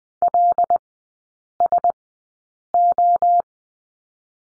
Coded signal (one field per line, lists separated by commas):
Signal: Morse code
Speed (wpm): 20 wpm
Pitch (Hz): 700 Hz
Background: none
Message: L S O